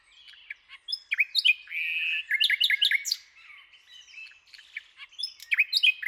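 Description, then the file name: Common nightingale song with varied chirps, a sustained whistled tone near two seconds, then bursts of sharp rising and falling notes. "Luscinia megarhynchos"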